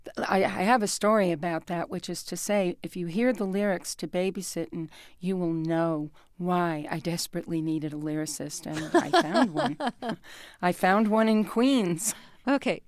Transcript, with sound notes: I have a story about that, which is to say if you hear the lyrics to "Baby sittin'," you will know why I desperately needed a lyricist, and I found one.
(LAUGHTER)
I found one in Queens.